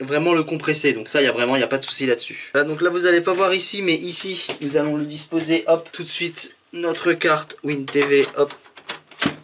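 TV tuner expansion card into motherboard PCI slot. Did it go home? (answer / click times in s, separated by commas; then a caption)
yes / 9.2 s. A WinTV TV tuner expansion card (PCB) is pushed into a motherboard PCI expansion slot during a PC build while someone talks. A few short sharp hits come near the end, and the card clicks into the slot at 9.2 s, seating well.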